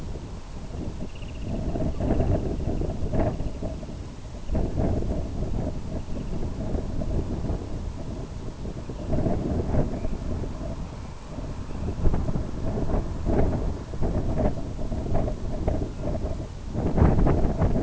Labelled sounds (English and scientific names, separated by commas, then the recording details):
Semipalmated Sandpiper (Calidris pusilla), Dunlin (Calidris alpina), unidentified sound
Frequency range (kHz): Semipalmated Sandpiper (Calidris pusilla) 1.1-3.6 kHz; Dunlin (Calidris alpina) 1.3-3.2 kHz
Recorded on Arctic tundra, site IGLO-B, on 27 June 2018
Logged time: 03:59